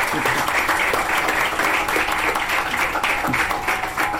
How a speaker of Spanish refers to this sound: Pero ven para allá, hombre, qué tímido. Aplauso.